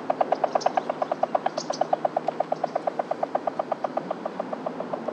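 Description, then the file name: Columbia spotted frog producing a fast, even run of knocking notes over a soft background hum. "rluteiventris"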